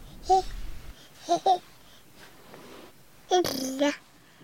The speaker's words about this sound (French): Et ça, c'est un grand plaisir que prend le bébé à s'amuser à ses propres productions sonores et à la boucle auditive aussi, très très importante pour la mise en place du langage aussi.